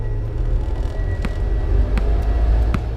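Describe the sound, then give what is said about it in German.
A car engine rumbles low and steady as a man gets into the car and drives off along the street, with a few sharp clicks and ticks scattered over the hum and no voices. “Auf der Straße stieg er in ein Auto und fuhr davon.”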